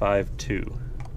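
Someone talks while an oil filter is handled and pushed toward its filter housing on the engine of a 2022 Husqvarna FE350S motorcycle during an oil change, with two brief faint ticks near 1.0 and 1.1 seconds. Nothing has seated or clicked yet; the filter has not popped down into the housing.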